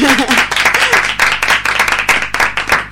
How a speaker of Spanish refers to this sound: yo creo que Pum se merece un aplauso